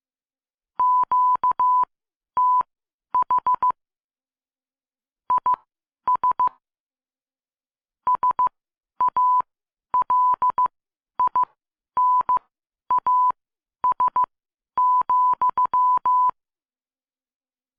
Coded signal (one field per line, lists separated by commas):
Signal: Morse code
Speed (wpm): 15 wpm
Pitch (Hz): 1000 Hz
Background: none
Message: QTH IS SALINAS,